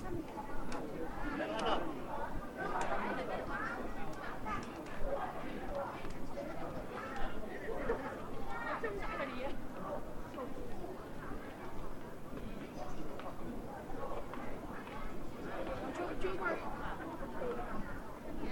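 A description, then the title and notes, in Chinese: Chunxi Road in Chengdu, heard as a steady wash of overlapping voices from many people talking at once. The chatter stays dense and even for the whole stretch, with individual voices briefly rising above the crowd every second or two over a low rumble. 成都春熙路。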